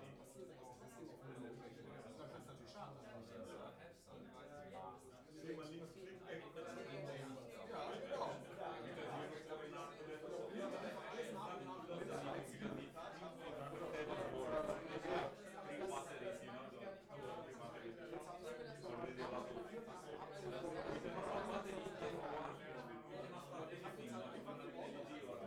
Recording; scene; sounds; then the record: everyday scene through a hearing-aid microphone; many people talking; many voices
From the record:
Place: bistro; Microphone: behind the ear, left, front